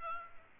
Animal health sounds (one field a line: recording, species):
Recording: mosquito wingbeat signal from an infrared sensor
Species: Aedes albopictus